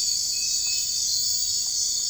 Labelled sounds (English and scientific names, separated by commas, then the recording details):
none
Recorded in dense forest near Puerto Asís, Putumayo, Colombia, on 21 March 2025 at 03:00
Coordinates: 0.485, -76.318
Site G056